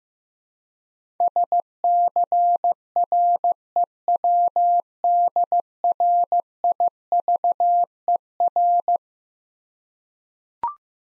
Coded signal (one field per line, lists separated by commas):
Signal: Morse code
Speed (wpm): 15 wpm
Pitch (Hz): 700 Hz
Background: none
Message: SCREWDRIVER